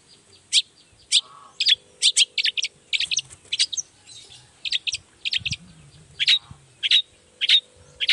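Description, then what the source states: Long-tailed shrike song: harsh, scratchy notes in short clusters, uneven, roughly 100 per minute, with a faint steady hum beneath. Singing actively ('gacor') in the morning with 'toet toet' sound variations; said to make any other long-tailed shrike answer ('nyaut') at once and start singing.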